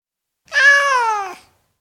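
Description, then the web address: Cat giving a single drawn-out meow lasting about a second, steady at first and then gently falling in pitch, with nothing else audible. Tom cat, individual meows. "BBC Cats Mewing"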